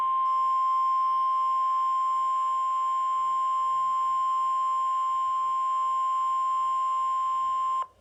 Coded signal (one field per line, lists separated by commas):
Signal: Emergency Alert System (SAME) tones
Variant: 1050 Hz attention tone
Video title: Flash Flood Warning On WXM42 6/22/22 (EAS #1305)